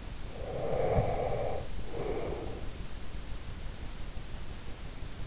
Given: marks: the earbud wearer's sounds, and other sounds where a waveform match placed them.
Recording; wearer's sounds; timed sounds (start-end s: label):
sounds in sleep by an in-ear microphone; breath
0.33-2.67 s: breath